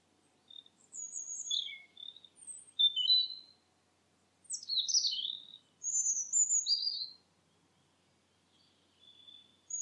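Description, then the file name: Bird giving high chirps and short thin whistles in quick clusters, with brief gaps between them. "filtered sound bird"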